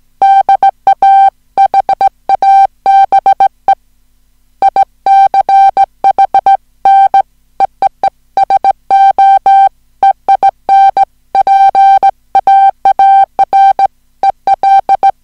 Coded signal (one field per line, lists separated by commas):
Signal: Morse code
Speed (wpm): 17 wpm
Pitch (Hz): 780 Hz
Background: music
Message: DA HABE ICH N EEE SO EIN PAAR EL